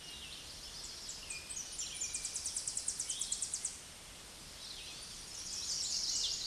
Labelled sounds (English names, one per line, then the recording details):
Tennessee Warbler song
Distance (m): 25 m
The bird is about 20 m above the microphone
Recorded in a Pennsylvania forest on 16 May 2024 at 07:17
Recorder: AudioMoth, point MSD-1360
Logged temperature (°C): 14.8 °C
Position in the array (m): 158 m, 218 m